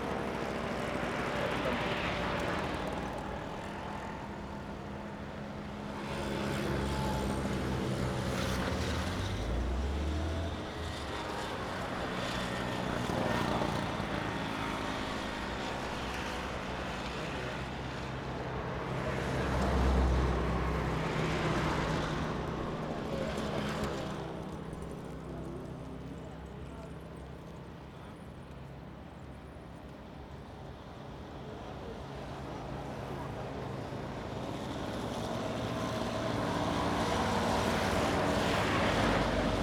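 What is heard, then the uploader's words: Scooter traffic passes in a continuous low rumble, with engines swelling and fading as individual vehicles go by, notably around 10 and 20 seconds. Brief bursts of brighter noise come and go, and faint voices surface now and then beneath the steady drone. Scooter Traffic.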